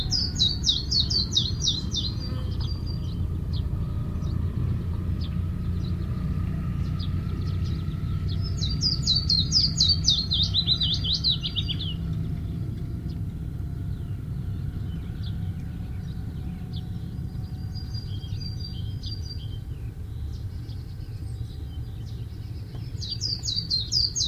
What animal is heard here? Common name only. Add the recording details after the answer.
Willow Warbler. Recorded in the wild. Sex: male. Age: adult. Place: Weinstadt, OT Schnait, Beutelsbacher Tal, Baden-Württemberg, DE. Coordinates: 48.8167, 9.36667. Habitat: hillside, shrubbery and trees. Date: 1967-06-05. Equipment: Nagra III PH, MD 421, kleiner englischer Parabolspiegel, LGS26. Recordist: Schneider, Hans-Joachim. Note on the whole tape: Oberhalb Schnait im Beutelsbacher Tal. Phylloscopus trochilus trochilus "sylvestris". Verschiedenartige Gesänge eines Männchens. Sonagramm